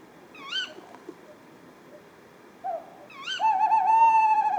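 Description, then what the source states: Tawny owl calls: two sharp, rising, harmonic shrieks about three seconds apart, the second followed by a sustained steady hooting tone lasting over a second, over faint background hiss. A pair calling at 4:30 am on 20 February 2020 at Etang de Beaumont, Drôme; recorded with Nagra Seven and Telinga Pro7 stereo parabola, with live commentary, while seeking toads.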